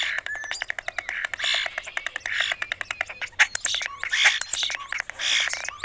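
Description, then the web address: European starling song: a busy medley of rapid clicking rattles, squeaky notes and thin high whistles, varied and continuous throughout. "Songs of Birds of North America Know Your Bird Sounds Common Western Species. European Starling"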